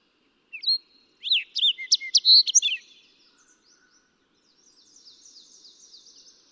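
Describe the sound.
Fox sparrow song, a varied burst of sweet whistled and slurred notes, followed by a faint high trill.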